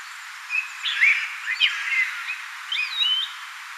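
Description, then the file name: Common blackbird song: a run of fluty, slurred whistles with rising and falling notes, then a brief gap and another twisting mellow phrase. "Turdus merula"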